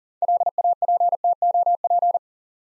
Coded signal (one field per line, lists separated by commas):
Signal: Morse code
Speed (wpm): 40 wpm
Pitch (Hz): 700 Hz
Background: none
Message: LAPTOP